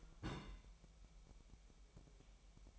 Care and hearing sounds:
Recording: daily activity, microphone in the room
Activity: place on stove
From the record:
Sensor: 1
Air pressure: 1002.0 hPa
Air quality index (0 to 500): 245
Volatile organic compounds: 49 ppm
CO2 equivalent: 3280 ppm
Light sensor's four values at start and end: 5/12/5/6 and 5/12/5/6

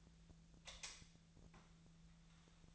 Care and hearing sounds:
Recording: daily activity, microphone in the room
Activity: light off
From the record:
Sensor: 3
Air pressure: 1009.7 hPa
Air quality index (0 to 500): 190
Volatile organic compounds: 14 ppm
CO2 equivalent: 2474 ppm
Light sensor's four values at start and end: 45/119/50/51 and 38/96/41/44

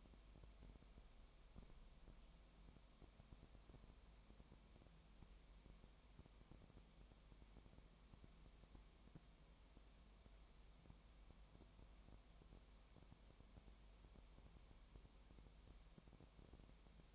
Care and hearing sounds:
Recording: daily activity, microphone in the room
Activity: no activity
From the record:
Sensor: 1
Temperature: 19.4 degrees Celsius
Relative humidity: 35.7%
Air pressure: 1003.3 hPa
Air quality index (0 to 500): 113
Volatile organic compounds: 2 ppm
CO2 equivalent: 1257 ppm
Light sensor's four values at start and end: 1/2/1/1 and 1/2/1/1

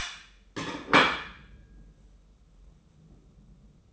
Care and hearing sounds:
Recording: daily activity, microphone in the room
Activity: place plate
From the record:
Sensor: 1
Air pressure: 994.4 hPa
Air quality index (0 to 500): 217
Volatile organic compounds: 1000 ppm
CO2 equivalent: 7755 ppm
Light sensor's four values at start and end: 60/133/60/63 and 61/134/60/63

